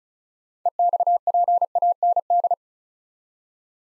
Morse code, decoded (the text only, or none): EXPAND